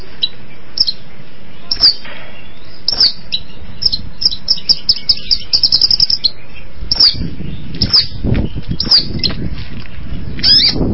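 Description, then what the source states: Long-tailed shrike song: scattered short high chirps and sharp notes in uneven bursts, over a low rumbling background noise. Combination song (kombinasi) style.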